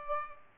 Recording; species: mosquito wingbeat signal from an infrared sensor; Aedes aegypti